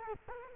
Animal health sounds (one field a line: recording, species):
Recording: mosquito wingbeat signal from an infrared sensor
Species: Culex quinquefasciatus